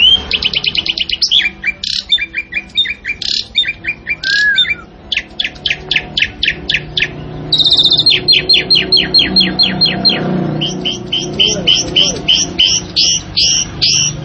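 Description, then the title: Asian pied starling song made of dense rattling trills and sharp repeated chips, with a brief slurred whistle and a quieter stretch midway. Singing actively (gacor). "Jalak Suren Gacor Dor"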